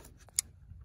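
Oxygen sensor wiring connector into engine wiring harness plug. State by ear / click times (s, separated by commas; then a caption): seated / 0.4 s. A new upstream oxygen sensor's plastic wiring connector on a 2006 Kia Spectra is pushed into its mating engine wiring harness plug. A sharp, bright click sounds at 0.4 s, preceded by faint soft ticks. The connector latches and is seated, confirmed locked by tugging on it.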